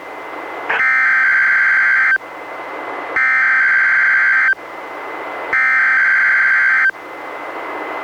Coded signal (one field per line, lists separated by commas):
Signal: Emergency Alert System (SAME) tones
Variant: header bursts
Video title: EAS #620: NWR Required Weekly Test- May 11, 2022- 11:00AM PDT